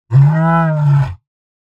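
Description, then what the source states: Lion giving a single deep, harmonic roar about one second long, steady in pitch, then silence. Roar and growl.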